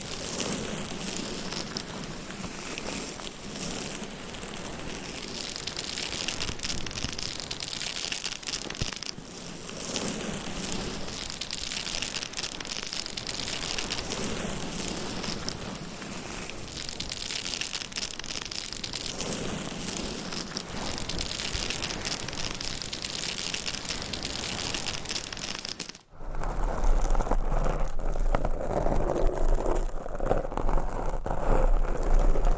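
Dense, steady scratching and tapping rustle on for about 26 seconds, then a brief cut leads into a duller, lower-toned scratching section.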